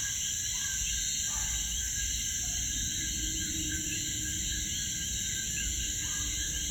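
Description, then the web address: Coquí calls: a few short, clear tonal notes at irregular intervals, set against a dense, steady, high-pitched insect chorus. Frogs recorded at Piñones, Puerto Rico. "puerto rico Cokees frogs Pignones"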